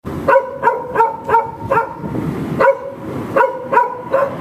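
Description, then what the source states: Dog giving rapid barks, a quick run of sharp barks with one short pause midway. Dog barking at a cat.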